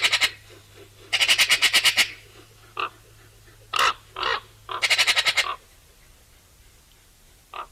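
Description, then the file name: Eurasian magpie rattling out two fast bursts of harsh, dry chak notes, about eight notes each, with a few single scratchy calls between them. "Pica pica"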